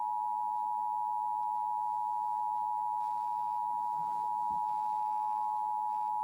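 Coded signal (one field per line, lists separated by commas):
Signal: Emergency Alert System (SAME) tones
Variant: 853 and 960 Hz attention tone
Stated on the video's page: National Periodic Test SAME tones captured from Portland TV stations, DirecTV channels, and an FM station that carried only the tones.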